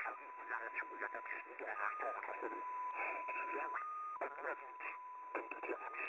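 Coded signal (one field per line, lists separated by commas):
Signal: multi-tone FSK (Olivia or MFSK type)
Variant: XPA2 14-tone MFSK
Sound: a single slow pure tone hopping between two nearby pitches under babbling voice-like noise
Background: radio static, talk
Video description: XPA2 is a digital mode of the Russian 7 operator. It utilizes a custom 14-tone MFSK system.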